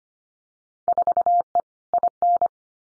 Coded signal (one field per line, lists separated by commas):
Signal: Morse code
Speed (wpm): 25 wpm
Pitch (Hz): 700 Hz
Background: none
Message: 4E IN